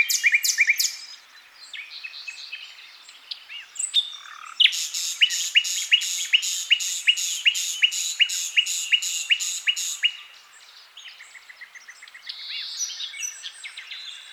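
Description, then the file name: Common nightingale singing: varied high phrases, then a rapid run of loud repeated notes, about three a second for several seconds, before softer scratchy and whistled notes. "Luscinia megarhynchos"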